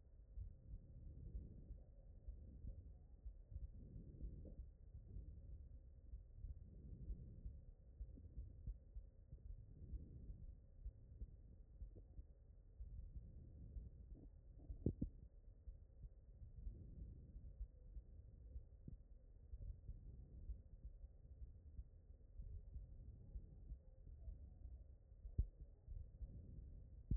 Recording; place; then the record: heart sounds by stethoscope; aortic valve (AV)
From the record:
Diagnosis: non-HFrEF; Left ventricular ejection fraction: 63%